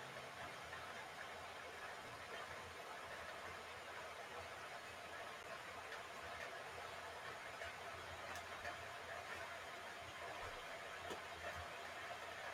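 A moka pot on the stove as coffee is being made, giving a steady, dense hiss and rush that holds at an even level throughout. A low, constant hum sits underneath, and two sharp clicks stand out at around 8 and 11 seconds.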